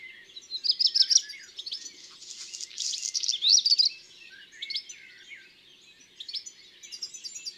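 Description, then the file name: Black redstart delivering a short stuttering phrase that turns into a rasping crackle, then fainter scattered notes until another phrase begins. "Rougequeue noir ABC des chants doiseaux"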